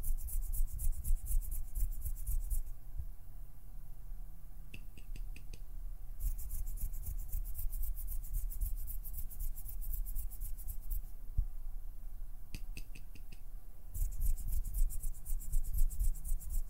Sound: PLUCKING, PINCHING, FINGER FLUTTERING